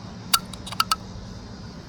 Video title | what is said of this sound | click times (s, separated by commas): Toyota wanted $300. I Did It Myself for $70 in 5 Minutes | I'm just going to close it and you can hear the click. | 0.3 s, 0.8 s, 0.9 s